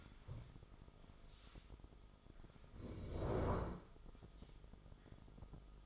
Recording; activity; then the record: daily activity, microphone in the room; stand up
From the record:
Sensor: 5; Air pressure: 1005.5 hPa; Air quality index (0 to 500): 104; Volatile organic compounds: 2 ppm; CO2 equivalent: 1271 ppm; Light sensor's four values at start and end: 34/78/31/29 and 34/78/31/29